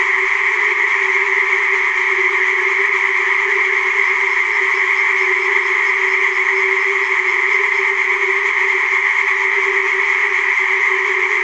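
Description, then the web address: Steady, loud tree frog chorus heard as a seamless buzzing wall of overlapping calls. Chorus of tree frogs in a primeval forest. "Tajemnice puszczy Koncert rzekotek"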